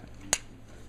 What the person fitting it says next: oh that was a nice click let's hear it again